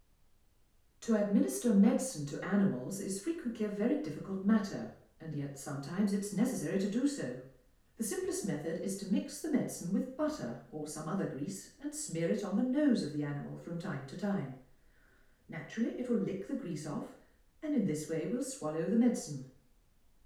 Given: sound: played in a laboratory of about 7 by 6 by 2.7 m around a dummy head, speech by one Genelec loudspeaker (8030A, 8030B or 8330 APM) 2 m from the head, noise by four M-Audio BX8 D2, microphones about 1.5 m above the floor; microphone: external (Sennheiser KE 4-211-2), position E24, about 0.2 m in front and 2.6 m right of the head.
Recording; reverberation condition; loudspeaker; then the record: female speech in English; medium; 90 degrees to the left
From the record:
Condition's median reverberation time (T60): about 510 ms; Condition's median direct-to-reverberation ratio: about -0.5 dB